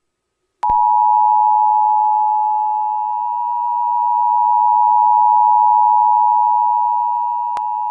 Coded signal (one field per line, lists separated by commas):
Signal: Emergency Alert System (SAME) tones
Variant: 853 and 960 Hz attention tone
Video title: EAS Scenario 2: Unusual Climate (Civil Danger Warning)